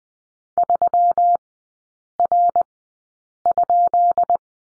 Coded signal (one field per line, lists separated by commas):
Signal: Morse code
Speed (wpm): 20 wpm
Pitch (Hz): 700 Hz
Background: none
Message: 3R?